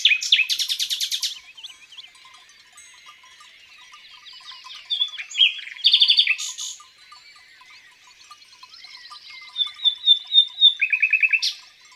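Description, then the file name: Common nightingale song: a loud opening rattle, a quieter gap, a burst of rapid notes, then a long, even repeated trill. Recorded in the countryside. "Rossignol philomele Chants doiseaux dans la campagne"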